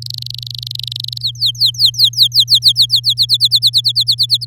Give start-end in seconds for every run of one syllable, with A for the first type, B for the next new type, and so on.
0.02-1.22 A, 1.22-3.00 B, 3.04-4.45 C